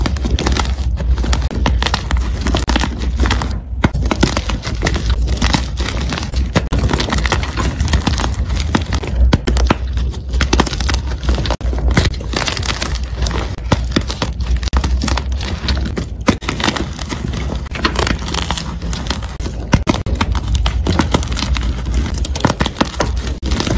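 Powder being crunched in a dense, steady stream of crisp crinkly crackles with a low rumble underneath, briefly dipping quiet around four and sixteen seconds.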